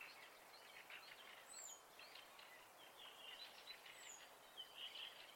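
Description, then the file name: Quiet bird song, a run of warbled and trilled phrases ending in a bright whistle, with occasional high falling notes and steady hiss. Recorded at night in spring. "Fugler Natt Vaar"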